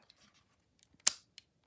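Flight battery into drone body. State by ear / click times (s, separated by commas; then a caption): seated / 1.1 s. A charged flight battery is pushed into the battery bay of a Holy Stone HS720 foldable GPS drone, with a few faint ticks and rustles before it. A loud, sharp click at 1.1 s, ringing bright and fading over about a tenth of a second, marks the battery seating in place, followed by a smaller tick at 1.4 s.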